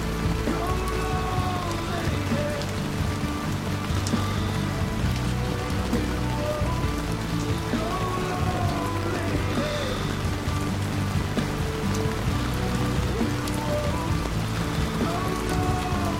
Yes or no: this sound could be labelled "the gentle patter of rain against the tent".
yes